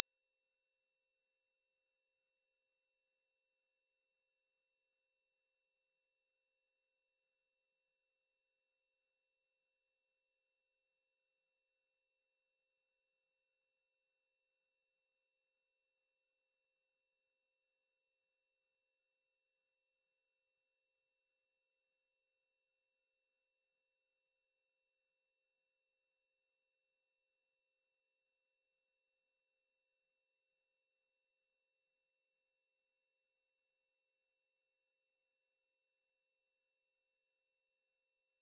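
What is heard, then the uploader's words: A pure sine tone at 5915 Hz holds perfectly steady for the full length, a single thin, bright, high whistle. Its loudness never changes, and there are no other sounds, pauses or background noise around it. 5915 Hz 1 Hz Interval Sine Pure Tone Frequency 441000 Sample Mono.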